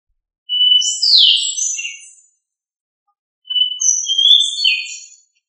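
Thrush song: two clear whistled phrases, each starting on a level note and then breaking into rapid warbling higher notes, with a pause of over a second between them.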